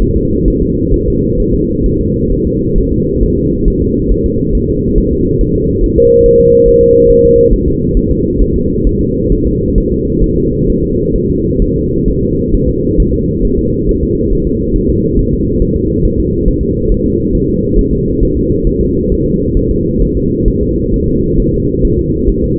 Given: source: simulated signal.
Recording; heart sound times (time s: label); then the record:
fetal heart sounds
0.02 s: S1
0.17 s: S2
0.48 s: S1
0.62 s: S2
0.94 s: S1
1.08 s: S2
1.40 s: S1
1.54 s: S2
1.86 s: S1
2.01 s: S2
2.33 s: S1
2.47 s: S2
2.78 s: S1
2.93 s: S2
3.23 s: S1
3.38 s: S2
3.68 s: S1
3.82 s: S2
4.12 s: S1
4.26 s: S2
4.55 s: S1
4.69 s: S2
4.98 s: S1
5.12 s: S2
5.41 s: S1
5.56 s: S2
5.84 s: S1
5.98 s: S2
6.26 s: S1
6.40 s: S2
6.68 s: S1
6.83 s: S2
7.11 s: S1
7.25 s: S2
7.53 s: S1
7.68 s: S2
7.97 s: S1
8.11 s: S2
8.42 s: S1
8.56 s: S2
8.87 s: S1
9.01 s: S2
9.32 s: S1
9.47 s: S2
9.78 s: S1
9.92 s: S2
10.24 s: S1
10.38 s: S2
10.70 s: S1
10.84 s: S2
11.16 s: S1
11.30 s: S2
11.62 s: S1
11.76 s: S2
12.08 s: S1
12.23 s: S2
12.55 s: S1
12.69 s: S2
13.00 s: S1
13.14 s: S2
13.45 s: S1
13.59 s: S2
13.89 s: S1
14.03 s: S2
14.33 s: S1
14.47 s: S2
14.76 s: S1
14.90 s: S2
15.19 s: S1
15.33 s: S2
15.62 s: S1
15.77 s: S2
16.05 s: S1
16.20 s: S2
16.48 s: S1
16.63 s: S2
16.92 s: S1
17.06 s: S2
17.35 s: S1
17.49 s: S2
17.79 s: S1
17.93 s: S2
18.23 s: S1
18.37 s: S2
18.67 s: S1
18.81 s: S2
19.12 s: S1
19.26 s: S2
19.57 s: S1
19.71 s: S2
20.02 s: S1
20.17 s: S2
20.48 s: S1
20.62 s: S2
20.94 s: S1
21.08 s: S2
21.40 s: S1
21.54 s: S2
21.85 s: S1
21.99 s: S2
22.30 s: S1
22.44 s: S2
From the record:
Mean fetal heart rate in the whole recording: 135 bpm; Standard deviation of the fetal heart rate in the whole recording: 3 bpm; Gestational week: 36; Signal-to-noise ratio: -14.7 dB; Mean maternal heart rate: 72 bpm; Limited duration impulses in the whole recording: present